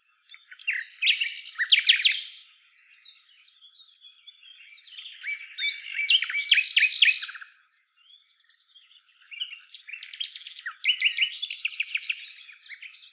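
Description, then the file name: Common nightingale song in three loud bursts of rich rapid trills, rattles and whistles, separated by short pauses. "Luscinia megarhynchos"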